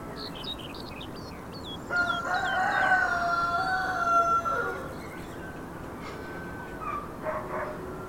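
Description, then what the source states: Rooster crowing, one long harmonic crow lasting a few seconds that drops in pitch at its end, with high chirps from small birds just before it, over a constant background hiss. Roosters in a background ambience recording.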